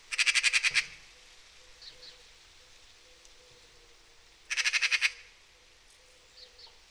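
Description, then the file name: Eurasian magpie chattering twice, each burst a rapid harsh rattle of several notes, roughly four seconds apart, with faint soft sounds in between. "Pica pica"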